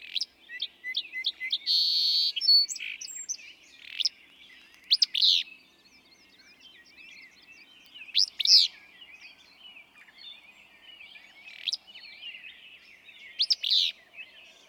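Willow flycatcher singing burry, explosive two-note phrases every few seconds; another bird's rapid, tinkling song fills the opening seconds.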